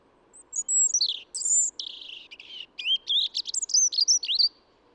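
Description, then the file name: European robin song: thin, high whistled phrases sliding down, then a quick jumble of sharp rising and falling notes and brief trills, with soft low background hiss. "Erithacus rubecula"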